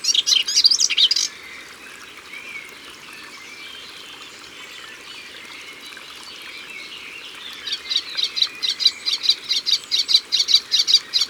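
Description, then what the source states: Melodious warbler singing a brief scratchy burst, then a long pause with faint background twitter before a rapid chattering phrase resumes. Recorded at the water's edge.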